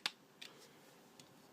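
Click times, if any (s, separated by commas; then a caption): 0.1 s. A plastic display stand peg is pushed into the port on the underside of a Hot Wheels Star Wars Millennium Falcon exclusive golden die-cast metal ship and snaps in with a sharp, bright click at 0.1 s. Two fainter ticks follow at about 0.4 s and 1.2 s. The stand is seated and the ship is good to go.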